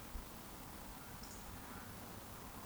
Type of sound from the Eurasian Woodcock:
whistle